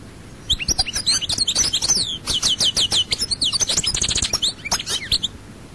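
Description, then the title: European goldfinch singing a lively run of tinkling, twittering notes and quick repeated trills, lasting about five seconds without a break. "Chant Chardonneret"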